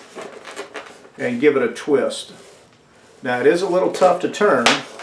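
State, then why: Not seated. Someone talks while turning the rear wing latch of a foam FMS SuperEZ RC plane, seated in its slot in the fuselage, which is a little tough to twist. A brief sharp handling sound comes at about 0.8 seconds between the spoken phrases. The latch has not yet locked into place, and nothing has seated or clicked.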